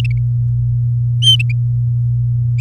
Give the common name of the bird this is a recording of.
Domestic Canary